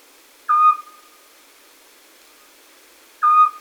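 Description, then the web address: Eurasian scops owl producing two loud, clean whistled toots about 2.7 seconds apart, each starting with a brief higher onset then holding a level tone. "chatillon hibou petit duc"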